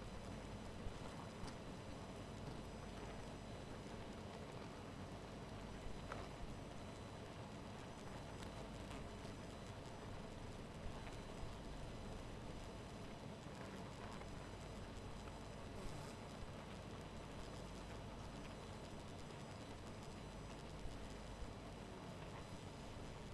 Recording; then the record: honeybee colony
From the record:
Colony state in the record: missing queen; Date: 14 July 2017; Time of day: 2:28